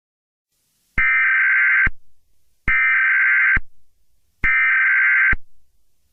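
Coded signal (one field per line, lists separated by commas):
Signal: Emergency Alert System (SAME) tones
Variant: header bursts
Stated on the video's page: Fictional scenario, remastered.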